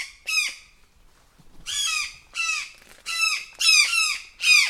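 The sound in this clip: Brown jay alarm calls: loud grating downward screams, an opening call, a short silence, then a series of several more.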